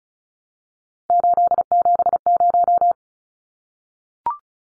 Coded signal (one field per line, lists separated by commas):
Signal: Morse code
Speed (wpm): 34 wpm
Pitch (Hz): 700 Hz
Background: none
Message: 870